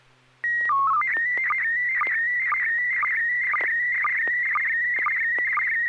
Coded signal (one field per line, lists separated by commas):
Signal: SSTV (slow-scan television)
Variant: PD 120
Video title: N6NA SSTV Net - 02/02/2022